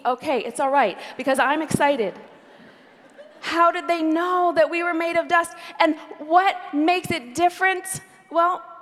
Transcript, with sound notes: It’s okay, it’s alright, because I’m excited! (laughter) How did they know that we were made of dust and what makes us different? Well,